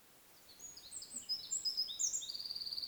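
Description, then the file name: Eurasian wren song fragment: high, quick chips building into a fast, even trill, with light background noise. "Troglodytes troglodytes"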